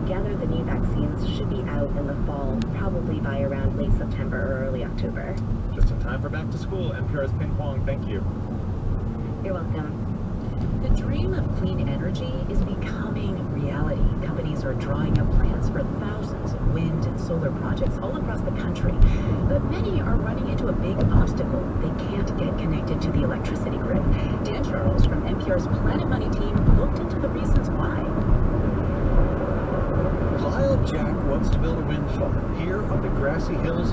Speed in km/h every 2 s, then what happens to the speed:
48, 40, 32, 29, 32, 37, 44, 48, 53, 56, 63, 68, 74, 79, 82, 82, 82.
0-7 slows to 29. 7-34 speeds up to 82.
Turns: none.